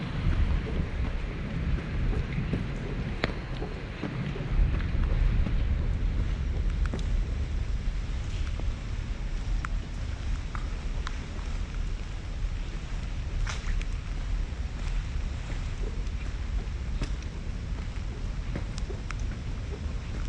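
Rain falls steadily while walking through Central Park in New York, a constant patter over a heavy low rumble that swells slightly around five seconds. Sharp drip and splash clicks pop out irregularly every second or two, with traffic hum underneath.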